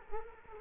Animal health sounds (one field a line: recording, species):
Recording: mosquito wingbeat signal from an infrared sensor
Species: Culex quinquefasciatus